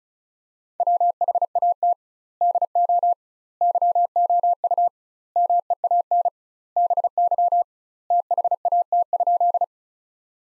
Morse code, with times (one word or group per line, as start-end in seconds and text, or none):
0.8-1.9 WHAT
2.4-3.1 DO
3.6-4.9 YOU
5.4-6.3 MEAN
6.8-7.6 BY
8.1-9.6 THAT?